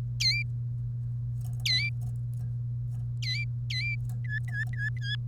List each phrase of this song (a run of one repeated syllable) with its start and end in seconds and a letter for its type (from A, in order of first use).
0.20-0.42 A, 1.66-1.89 A, 3.22-3.44 A, 3.70-3.95 A, 4.25-5.16 B